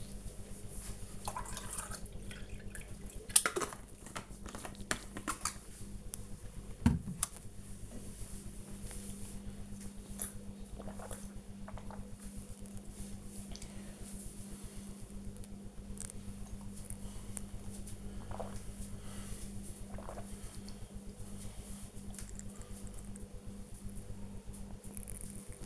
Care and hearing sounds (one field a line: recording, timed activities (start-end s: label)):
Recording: household activities, microphone on the right wrist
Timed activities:
0.00-25.66 s: drinking